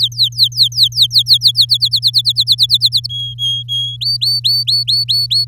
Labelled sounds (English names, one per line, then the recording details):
Domestic Canary song
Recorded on 8 May 2018 at 14:30
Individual llb16